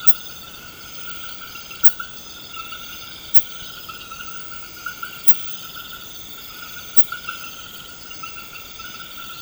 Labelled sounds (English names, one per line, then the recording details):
none
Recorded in pastures near Puerto Asís, Putumayo, Colombia, on 21 March 2025 at 22:30
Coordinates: 0.472, -76.329
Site G074